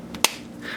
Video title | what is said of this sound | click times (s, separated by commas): Suicide Squad Movie DC Comics: Multiverse 6" Croc Collect-And-Connect Figure Review | that just pops right in and you can go on and put the legs on | 0.2 s